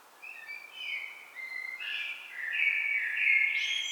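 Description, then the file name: Common blackbird warbling: a run of varied fluty notes building into a fuller, louder phrase with high squeaky overtones at the end. "Turdus merula"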